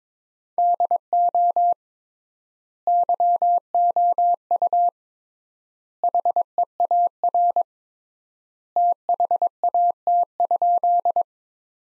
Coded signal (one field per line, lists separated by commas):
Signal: Morse code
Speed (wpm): 22 wpm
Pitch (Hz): 700 Hz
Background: none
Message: DO YOU HEAR THAT?